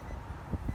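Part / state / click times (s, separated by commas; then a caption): ribbon cable into circuit board connector of car monitor / not seated / none. A flat ribbon cable is handled and pushed toward a ZIF-style connector, its tab lifted, on the circuit board of a car monitor from a 2018–2019 Infiniti QX80 during a CarPlay/Android Auto install. A steady low rumble carries soft handling bumps around 0.5 and 0.7 seconds. Nothing has clicked or seated yet.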